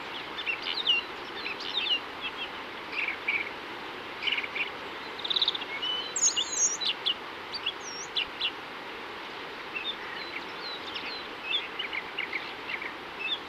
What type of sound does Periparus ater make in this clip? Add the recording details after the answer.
song. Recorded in the wild. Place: Oberstdorf, Bayern, DE. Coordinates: 47.4017, 10.22. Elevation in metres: 1013. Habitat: mountains. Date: 1976-04-04. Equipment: Nagra IV, Sennheiser MKH 405, Parabolreflektor. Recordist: Tretzel, Erwin